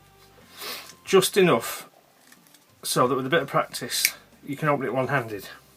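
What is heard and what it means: Someone talks while handling a small folding knife that has a steel blade, a protruding tang and a metal liner lock, meant to be flicked open one-handed. Faint handling ticks sound around 2.3 to 2.6 seconds under quiet background music. Nothing has clicked or locked yet: the liner lock bar has not snapped in behind the blade tang.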